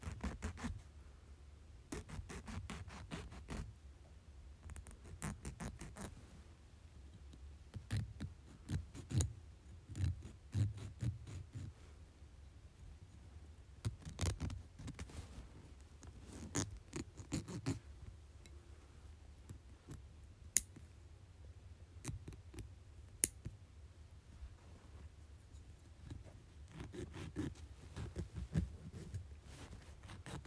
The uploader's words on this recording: ASMR Cutting and Filing my Nails.